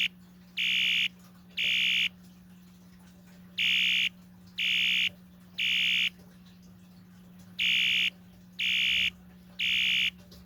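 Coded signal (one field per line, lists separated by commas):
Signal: alarm pattern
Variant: Wheelock electronic horn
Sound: harsh buzzing horn sounding three short blasts, pause, repeated three times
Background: low electrical hum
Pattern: temporal three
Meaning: Temporal three pattern signals fire evacuation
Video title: 1985 Wheelock ES-DL1-WS-24DC Temporal Code 3 Fire Alarm Sound Effect - DUSMC vs System Sensor MDL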